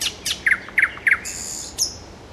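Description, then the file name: Nightingale song fragment: a few quick paired notes repeated three times, followed by a thin, high buzzy note and a brief whistle. "solovejj"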